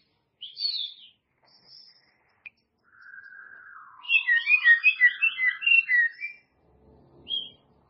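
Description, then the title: White-rumped shama song: a brief whistle, a low buzzy sweep, then a rapid rippling run of whistled notes ending with one short whistle. "murai batu"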